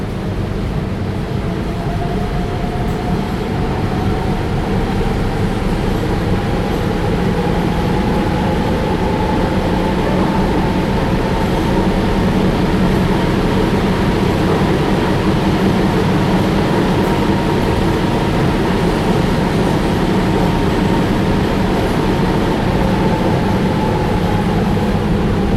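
A metro train rolls along steadily on an underground line, its deep rumble filling the low end with dense, unbroken clatter. A thin whining tone rises slowly, peaks around the middle, then eases off. The loudness stays constant throughout.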